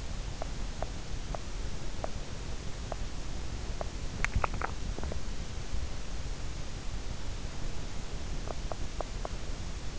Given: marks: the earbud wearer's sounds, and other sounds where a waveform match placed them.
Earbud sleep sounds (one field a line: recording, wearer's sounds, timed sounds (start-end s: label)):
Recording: sounds in sleep by an in-ear microphone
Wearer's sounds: teeth grinding, swallowing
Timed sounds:
0.00-4.03 s: teeth grinding
4.19-5.81 s: swallowing
8.35-9.52 s: teeth grinding